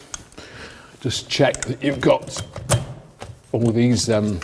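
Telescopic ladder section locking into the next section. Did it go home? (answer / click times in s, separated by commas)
yes / 0.1 s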